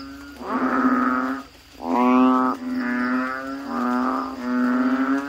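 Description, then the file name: Frog calling, long, level, buzzy croaks, one after another, with a single short gap early on. "suara kodok bangkong"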